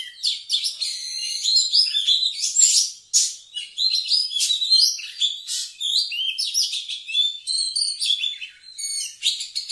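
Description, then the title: Oriental magpie-robin singing a dense, fast medley of high whistles, chirps and harsh buzzy notes with almost no pauses, steady and energetic throughout. Singing actively, described as gacor. "Kacer Gacor"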